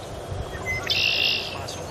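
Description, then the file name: Tree swallow giving a brief liquid, buzzy twitter of about half a second, high-pitched and slightly warbled, over a low background rumble. "Tachycineta bicolor"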